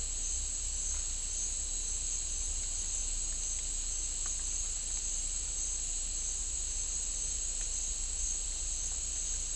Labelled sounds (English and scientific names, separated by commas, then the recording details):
none
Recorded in dense forest near Puerto Asís, Putumayo, Colombia, on 18 December 2024 at 10:30
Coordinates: 0.486, -76.317
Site G003